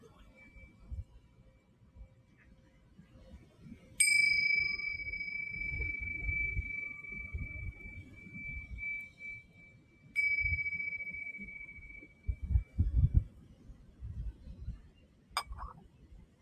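A singing bowl is struck twice, near the 4- and 10-second marks, each strike leaving a steady bright ringing tone that fades slowly. Underneath, waves and wind rumble low and unevenly throughout, with faint voices, and a sharp click near the end.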